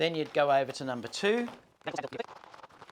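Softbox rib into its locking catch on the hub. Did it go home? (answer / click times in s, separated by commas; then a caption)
no / none. Someone talks while opening a folding softbox, working on its numbered ribs, which are pulled back until the small catch at the bottom of each rib locks into the hub. After the talk, a few faint, brief handling sounds occur around 2.5, 2.8 and 2.9 seconds, but no rib has seated or clicked into its catch yet.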